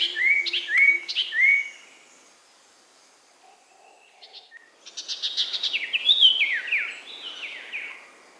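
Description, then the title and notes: Bird giving quick upslurred whistles, then a fast jumbled run of descending chirps and twitters after a short quiet gap. "Kicau Burung Lengkap"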